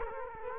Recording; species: mosquito wingbeat signal from an infrared sensor; Culex quinquefasciatus